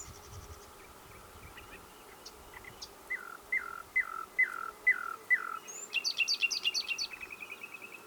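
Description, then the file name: Common nightingale song: a run of six loud, down-slurred whistled notes repeated about twice a second, then a fast buzzy series of high, rattling notes. "Luscinia megarhynchos"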